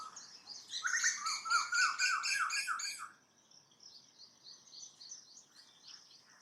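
Asian koel call: a fast, loud series of sharp notes lasting about two seconds, then quieter high chirping continues.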